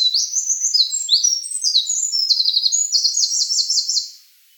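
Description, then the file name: Eurasian wren singing a bright, very high warble of quick notes and ringing trills, closing with a rapid stuttering run near four seconds. "Troglodytes troglodytes"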